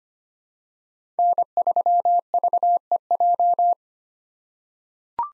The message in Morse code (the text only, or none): N3VEJ